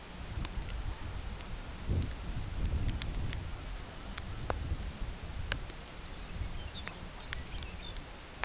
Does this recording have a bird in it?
yes